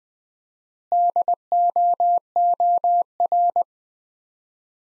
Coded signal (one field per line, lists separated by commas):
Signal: Morse code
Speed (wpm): 20 wpm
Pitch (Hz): 700 Hz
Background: none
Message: DOOR